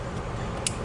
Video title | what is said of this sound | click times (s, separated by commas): R35 Coil Problem Fixed | Another click. | 0.7 s